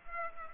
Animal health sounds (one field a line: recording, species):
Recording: mosquito wingbeat signal from an infrared sensor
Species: Culex pipiens